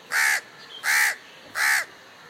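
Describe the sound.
Crow giving three harsh, loud caws, each about a quarter second long and spaced roughly evenly across two seconds, over a quiet background.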